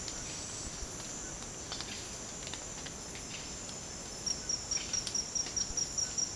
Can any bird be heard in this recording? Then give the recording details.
yes. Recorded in secondary vegetation near Puerto Asís, Putumayo, Colombia, on 27 June 2025 at 09:00. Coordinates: 0.484, -76.319. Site G074